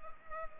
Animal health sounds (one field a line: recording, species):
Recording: mosquito wingbeat signal from an infrared sensor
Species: Culex pipiens